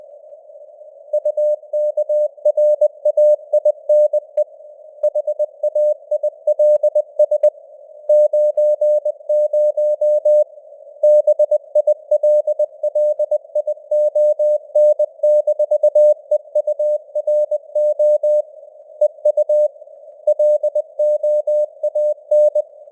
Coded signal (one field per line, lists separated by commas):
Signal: Morse code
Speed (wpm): 20 wpm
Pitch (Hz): 600 Hz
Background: none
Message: UKRAINE HAILS 90 BILLION-EURO EU LOAN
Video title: Morse Code News | 2025-12-20 | 20wpm